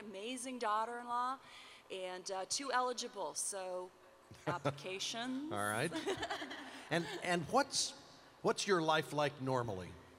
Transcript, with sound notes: An amazing daughter-in-law, and two eligible. So applications... (laughter)
All right. And what’s your life like normally?